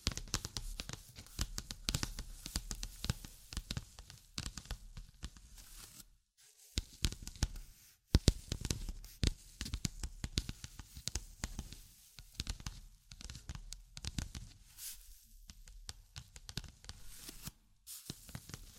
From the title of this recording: Tapping, Scratching, Tracing and Panning